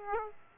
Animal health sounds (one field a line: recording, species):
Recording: mosquito wingbeat signal from an infrared sensor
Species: Aedes aegypti